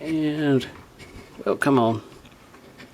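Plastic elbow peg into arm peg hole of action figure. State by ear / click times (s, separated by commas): not seated / none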